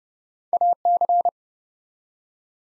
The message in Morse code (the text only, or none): AC